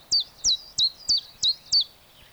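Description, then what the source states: Common Chiffchaff singing six evenly spaced, high notes, each with a quick downward slur. Sweden.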